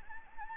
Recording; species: mosquito wingbeat signal from an infrared sensor; Anopheles gambiae